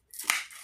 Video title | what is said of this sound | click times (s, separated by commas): DALP gear series. No2, my laptop bag (546) | that little click | 0.3 s